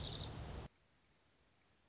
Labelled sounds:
Dark-eyed Junco

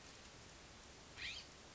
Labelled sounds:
California Scrub-Jay

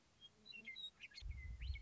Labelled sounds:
Western Meadowlark

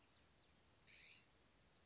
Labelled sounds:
California Scrub-Jay

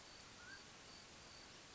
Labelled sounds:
Mountain Quail

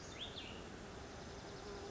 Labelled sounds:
Cassin's Vireo

